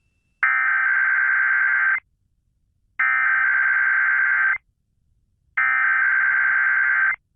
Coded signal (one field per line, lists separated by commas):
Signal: Emergency Alert System (SAME) tones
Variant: header bursts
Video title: THEY TESTED TWICE... (EAS ALERTS 4083-4087: KDKA AM EAS Tests + SOME Relays & Shenanigans)